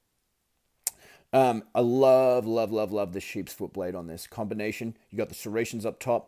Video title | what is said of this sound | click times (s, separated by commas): New Leatherman Free P2 unboxing/first impressions. Victorinox Spirit Review and GAW | and it's just the feeling of a Swiss. It's just fantastic, and it is all locking. I mean, they lock up really, really well. | 0.9 s